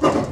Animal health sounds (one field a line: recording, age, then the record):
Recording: pig call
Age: growing-finishing pig (85 days or more)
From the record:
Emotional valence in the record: positive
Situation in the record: run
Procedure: transit